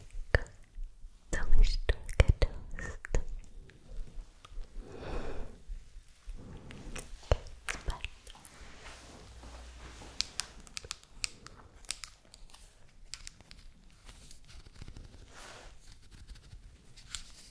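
Soft, unintelligible whispering runs through the recording, a breathy hush with no clear words. Sharp crinkling and tapping clicks break in throughout, thickest near the start, with a louder breathy swell around five seconds and quieter rustling toward the end.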